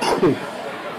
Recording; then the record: coughing mixed with background sound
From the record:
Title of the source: Coughing 77